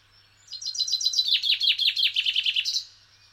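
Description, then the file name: Common chaffinch delivering one complete song: about two seconds of rapid repeated notes stepping gradually lower, finishing with a distinct higher flourish. "Fringilla coelebs"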